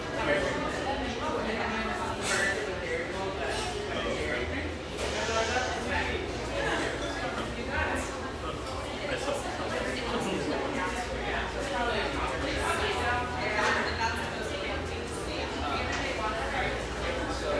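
A steady murmur of many overlapping voices fills this bright, airy espresso joint in North Beach, with no single speaker standing out. Short clinks and clatters pop through the chatter every second or so, and a low hum runs underneath throughout.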